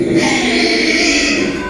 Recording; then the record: squeal of a Yucatan mini pig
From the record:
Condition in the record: after surgery on the right vocal fold (resection and tissue-engineered implant); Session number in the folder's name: 2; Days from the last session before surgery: 13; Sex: male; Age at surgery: 12 weeks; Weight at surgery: 13 kg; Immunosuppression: cyclosporine, prednisolone